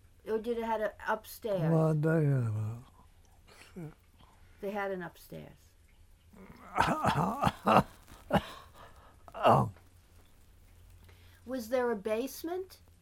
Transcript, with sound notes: Or did it have an upstairs?
They have a--
They had an upstairs.
(coughing) Oh.
Was there a basement?